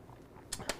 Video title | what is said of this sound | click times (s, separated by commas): Learn the quick basics of the Canon T6 | okay and then you'll hear it click and that's when you go in so | 0.5 s